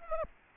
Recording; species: mosquito wingbeat signal from an infrared sensor; Aedes aegypti